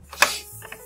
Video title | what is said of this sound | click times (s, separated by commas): HP 14-cm0107AU Ryzen 5 Laptop Upgrade RAM and SSD | sure they snap in place correctly before you do anything just snap | 0.2 s